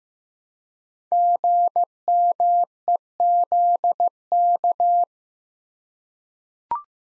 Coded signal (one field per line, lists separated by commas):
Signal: Morse code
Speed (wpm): 15 wpm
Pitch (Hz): 700 Hz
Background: none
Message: GMEZK